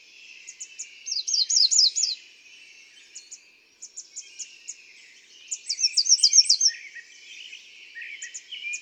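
American redstart giving two songs of fast, thin, repeated high notes, with soft isolated notes between them.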